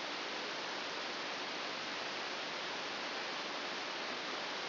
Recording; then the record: brain microelectrode recording played as sound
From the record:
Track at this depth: inside the subthalamic nucleus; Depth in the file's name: 2.004 mm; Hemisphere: right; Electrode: 2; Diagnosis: Parkinson's disease